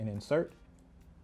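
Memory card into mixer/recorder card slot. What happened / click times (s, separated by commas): Handled, not yet home: the card is being inserted but has not clicked / none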